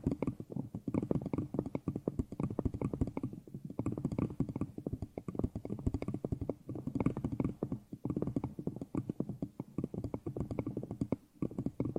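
Nails tap rapidly on a headphone in dense, irregular bursts that run almost without pause for the whole stretch. The clicks are mostly dull and low, with a little brightness on top, and brief gaps near 3.5, 8 and 11.5 seconds.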